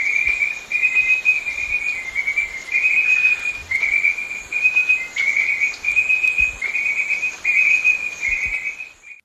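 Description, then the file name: Perez's snouted frog calls, a continuous series of short, buzzy high notes in a steady even chain, set against a constant dense background of rainforest insects. Ecuadorian Amazon. "Edalorhina perezi"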